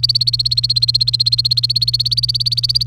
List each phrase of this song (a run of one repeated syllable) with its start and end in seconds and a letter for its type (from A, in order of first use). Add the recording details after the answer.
0.00-2.87 A. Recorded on 1 May 2018 at 10:38. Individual llb3